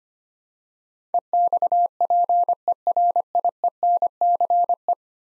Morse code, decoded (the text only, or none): EXPERIENCE